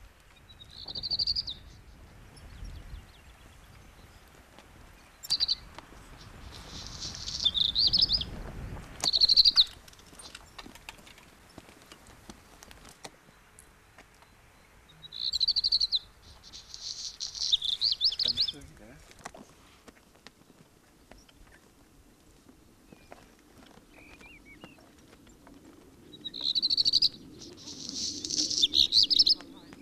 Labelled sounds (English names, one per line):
Black Redstart song